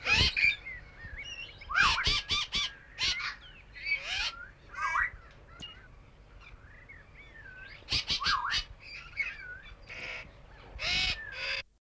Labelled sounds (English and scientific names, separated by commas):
Blue-winged Parakeet (Psittacula columboides) call